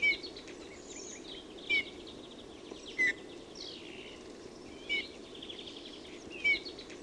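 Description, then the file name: Eurasian bullfinch giving five brief, soft, descending whistled notes at uneven intervals, while other small birds twitter faintly in the background. "PUNATULKKU"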